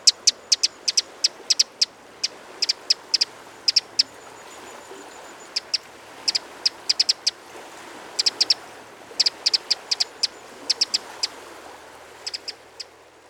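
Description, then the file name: Eurasian wren calling with rapid, hard ticks in irregular clusters of several clicks each, repeated throughout, against a faint steady hiss. "Troglodytes troglodytes"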